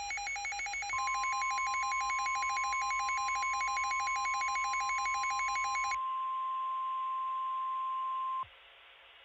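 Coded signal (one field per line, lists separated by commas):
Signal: Emergency Alert System (SAME) tones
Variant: 1050 Hz attention tone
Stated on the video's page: Fictional EAS scenario, a remastered preview.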